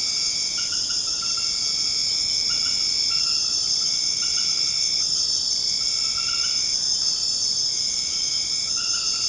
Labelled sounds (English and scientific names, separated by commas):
none